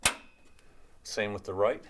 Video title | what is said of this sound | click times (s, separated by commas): Multilab 2 LHS TI Assembly Unetixs Vascular | left will go into the connector marked left push in until you hear a snap | 0.1 s